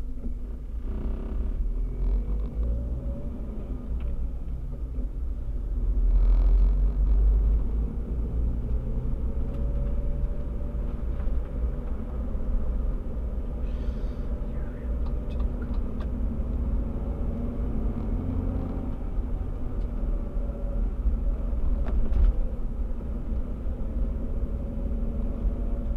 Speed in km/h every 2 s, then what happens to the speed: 9, 18, 18, 22, 27, 32, 34, 31, 37, 40, 37, 33, 36.
0-10 speeds up to 32. 10-15 steady at about 32. 15-17 speeds up to 40. 17-26 steady at about 36.